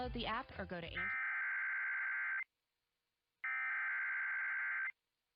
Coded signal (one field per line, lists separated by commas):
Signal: Emergency Alert System (SAME) tones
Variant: header bursts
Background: speech